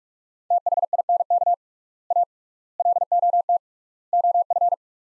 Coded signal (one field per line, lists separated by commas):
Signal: Morse code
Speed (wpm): 42 wpm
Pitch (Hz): 700 Hz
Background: none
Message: THINK A LOT OF